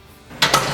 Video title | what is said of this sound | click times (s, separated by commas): SR MAG Hydraulic Fluid & Filter Change - Maintenance How-To Guide - BOSS Snowplow | we'll snap into place | 0.4 s